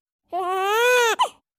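A single cry from a French newborn rises steadily in pitch and dips a little only at the end, followed by a brief second whimper: a rising cry melody. French babies cry differently from German babies.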